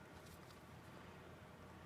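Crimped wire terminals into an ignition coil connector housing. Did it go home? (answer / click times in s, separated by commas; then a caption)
no / none. Crimped wire terminals are lined up at the holes of a Toyota 90980-11885 4-pin ignition coil connector housing (2GR-FE/1AR-FE) before being pushed in. Only steady, wind-like broadband noise is heard, with a slight rise in level at the very end. No terminal has seated or clicked yet.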